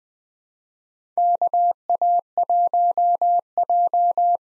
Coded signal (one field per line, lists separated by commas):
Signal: Morse code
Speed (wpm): 20 wpm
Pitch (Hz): 700 Hz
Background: none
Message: KA1J